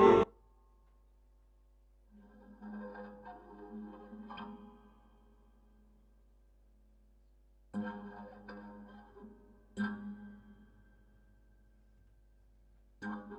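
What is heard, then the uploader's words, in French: Everyday objects repurposed as invented instruments are played in short, separate bursts. A sharp loud strike opens, then clusters of rattling, struck sounds with a steady ringing low hum come around 2 to 5 seconds, 8 to 11 seconds, and again near the end, with silence between. Objet usuels détournés de lutherie inventée ou de matériaux naturelles. La manipulation des objets, des matières.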